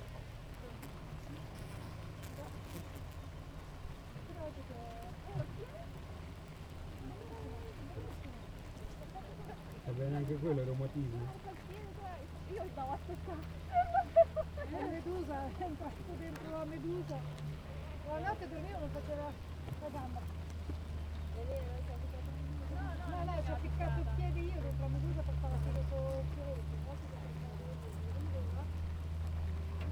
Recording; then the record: honeybee colony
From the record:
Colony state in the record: active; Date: 28 July 2017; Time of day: 7:28